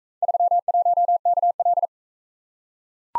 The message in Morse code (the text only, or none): 31KL